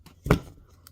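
A roller ball fitment is pressed with the heel of a hand into the neck of a small glass roll-on bottle, held from underneath with the other hand. A short building press gives way to a sharp snap at 0.3 s as the insert pops in and seats, followed by a faint tick near the end.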